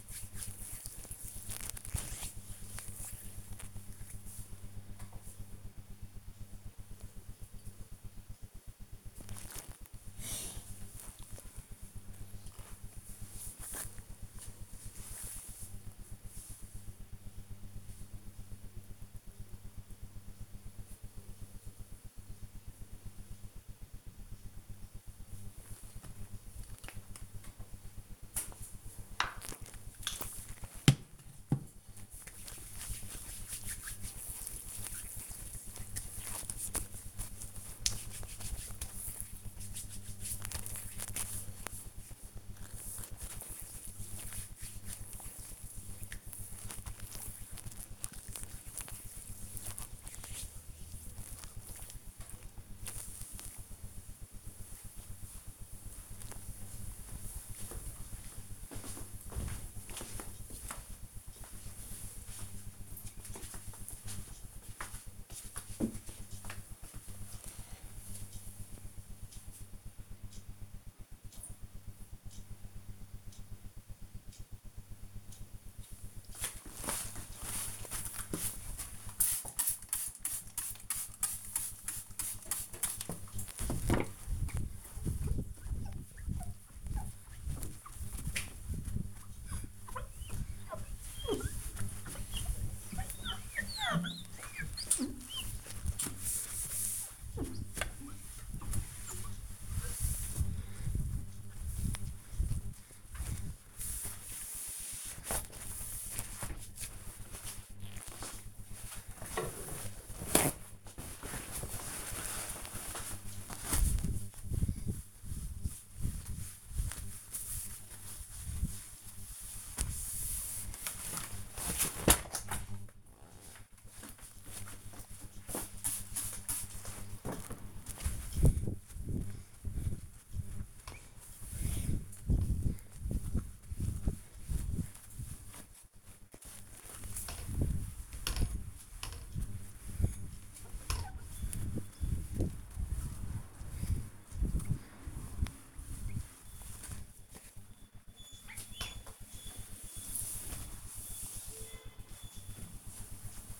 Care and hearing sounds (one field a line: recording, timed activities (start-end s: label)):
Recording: household activities, microphone on the right wrist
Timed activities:
0.00-4.40 s: cream hands
26.53-51.72 s: cream hands
75.88-153.60 s: window cleaning